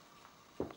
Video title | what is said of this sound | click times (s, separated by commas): Dyson Ball Animal + Vacuum Cleaner Review and Unboxing | it's just snap into place you can close this and there you go | 0.6 s, 0.7 s